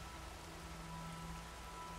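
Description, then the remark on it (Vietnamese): Heavy rain pours down in a steady, dense hiss that fills the whole clip, with a constant low rumble underneath and no voices; the downpour lasts from early morning until midday. “Ngày đưa quan tài của thằng Thanh ra khu mộ dòng họ, trời cũng mưa to như trút nước.”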